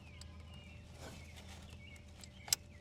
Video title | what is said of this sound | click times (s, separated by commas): Sinister Diesel Upper Fuel Filter Conversion Kit For A 2015 Ford F350 6.7 Powerstroke | make sure you push it on all the way until you hear it click once you hear that click | 2.5 s